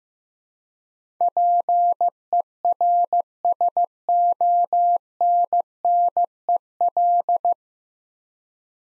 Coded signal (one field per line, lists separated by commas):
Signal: Morse code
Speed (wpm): 15 wpm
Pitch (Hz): 700 Hz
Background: none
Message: PERSONNEL